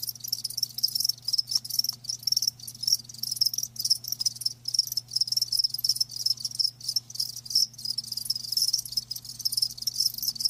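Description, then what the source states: Crickets calling in a thick high chorus of pulsed chirps, bursts following each other rapidly with short breaks, over a steady low hum. Live crickets chirping, a lulling song.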